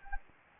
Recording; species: mosquito wingbeat signal from an infrared sensor; Anopheles gambiae